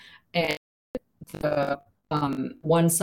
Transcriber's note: audio distortion